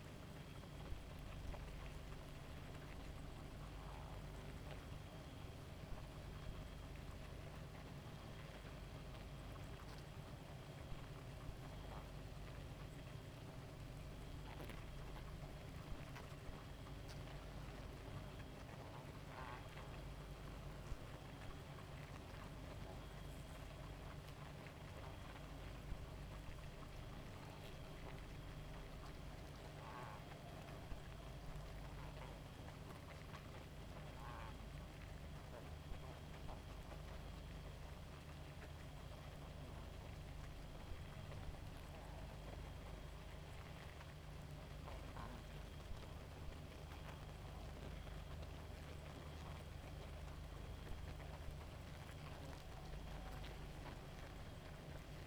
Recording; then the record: honeybee colony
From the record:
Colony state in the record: active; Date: 28 July 2017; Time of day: 0:38